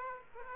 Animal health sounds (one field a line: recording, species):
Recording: mosquito wingbeat signal from an infrared sensor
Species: Aedes aegypti